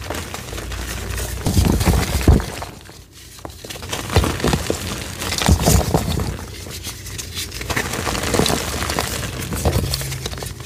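Gym chalk coated in baby oil being crushed, a steady run of crinkly, crunchy squeezing with irregular louder crunches around 1–2, 4–6 and near 10 seconds. A brief quieter pause comes just before 3 seconds, and soft low thumps sit under the crackle.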